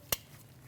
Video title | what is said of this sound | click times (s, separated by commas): How to Replace Alternator 2016-2025 Chevrolet Malibu 1.5L L4 | You're gonna hear it click. | 0.1 s